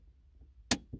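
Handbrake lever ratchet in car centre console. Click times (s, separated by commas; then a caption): 0.7 s. A car's handbrake lever in the centre console is pulled up, and its ratchet pawl clicks into a notch. A sharp, bright click lands at 0.7 s over a quiet low rumble, followed by a softer, duller knock at 0.9 s. The ratchet is seated in its notch.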